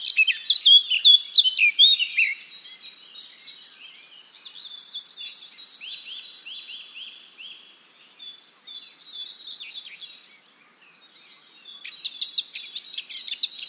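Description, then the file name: Eurasian blackcap song: a loud burst of tumbling warbled notes, then a long stretch of soft, scratchy twittering, and a louder chattering phrase returning near the end. "Sylvia atricapilla"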